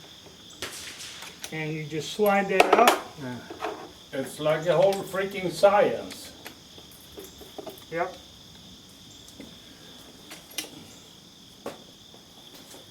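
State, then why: Not seated. A drum magazine is slid up toward the magazine well of a 1927A1 Thompson submachine gun while someone talks, with sharp handling taps and knocks at about 0.6, 6.5, 10.6 and 11.7 seconds over a steady high-pitched background hum. The magazine has not yet locked into place, and nothing has seated or clicked by the end of the clip.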